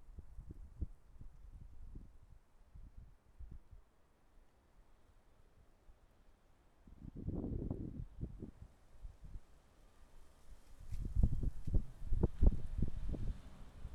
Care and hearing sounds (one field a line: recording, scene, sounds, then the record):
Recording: everyday scene through a hearing-aid microphone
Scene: wind on the microphone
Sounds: wind, traffic, birds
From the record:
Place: suburban garden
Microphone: behind the ear, left, rear